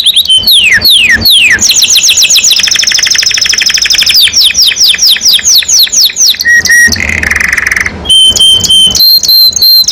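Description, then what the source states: Canary song: quick descending sweeps, a rolling trill, varied whistled notes and short steady tones, delivered without pause. Singing constantly (gacor); champion-level singer, first place winner.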